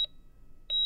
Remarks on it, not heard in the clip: It's a long-term acute care hospital. Up on the LTAC's third floor familiar ICU sounds. You hear the heart rate monitor, regular sort of staccato beeping. This was the ventilator unit.